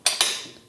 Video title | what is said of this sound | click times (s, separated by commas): Universal Spare Tire Carrier DIY Build Kit - Part 2 | yep boom locks in place | 0.1 s